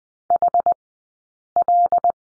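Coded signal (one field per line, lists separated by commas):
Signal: Morse code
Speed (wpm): 20 wpm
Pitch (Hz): 700 Hz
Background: none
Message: HL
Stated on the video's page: Morse code course lesson on the letter M, two-character drill, Farnsworth speed of 20/10 wpm.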